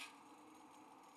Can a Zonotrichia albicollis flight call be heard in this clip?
no